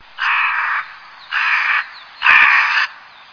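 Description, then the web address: Bird calling with three harsh, drawn-out caws of about half a second each, spaced roughly a second apart, the last one louder. Recorded in Higashiosaka. "higashiosaka bird koe"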